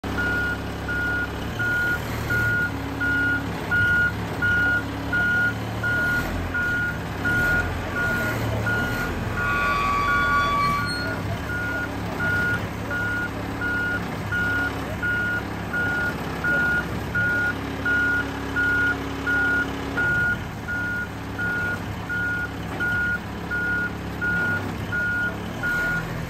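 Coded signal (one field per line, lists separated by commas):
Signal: none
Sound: a truck's reversing beeps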